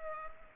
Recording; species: mosquito wingbeat signal from an infrared sensor; Culex pipiens